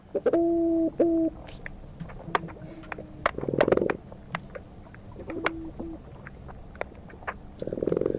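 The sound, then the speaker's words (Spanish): Toadfish calls: a low, steady tonal hum from swim bladder vibration, sounding in repeated buzzy bursts with harmonic bands, some long and droning, some short, over a background of faint clicks and snaps. “Bueno, este es el pez sapo, que también en este sonido participa la vejiga natatoria, pero en este caso es como una vibración, como una, digamos, como más frecuencia que lo que le hacía la corvina negra.”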